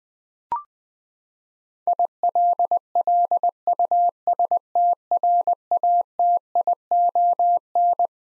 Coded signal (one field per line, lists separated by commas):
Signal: Morse code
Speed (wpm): 20 wpm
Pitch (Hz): 700 Hz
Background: none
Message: ILLUSTRATION